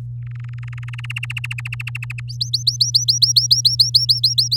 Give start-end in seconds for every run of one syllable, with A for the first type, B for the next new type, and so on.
0.22-1.01 A, 1.04-2.20 B, 2.28-4.56 C